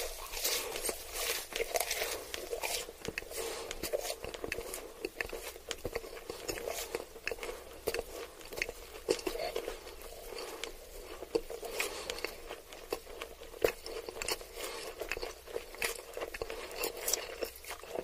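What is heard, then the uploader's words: Someone eats ramen noodles and chicken nuggets, with a steady run of wet chewing, smacking and slurping bits that never really stops. Sharp, bright clicks and crunchy bites pop up every second or so across the whole stretch, over a soft constant hiss. Eating ramen noodles and chicken nuggets.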